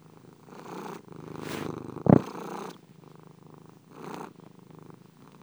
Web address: foundsounds Cat